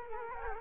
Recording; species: mosquito wingbeat signal from an infrared sensor; Culex quinquefasciatus